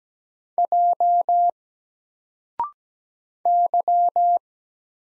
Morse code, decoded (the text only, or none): J Y